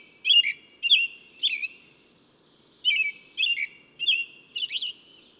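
Bird song of crisp high chirps, three notes then a short pause, followed by a run of four notes; faint low hum in the background.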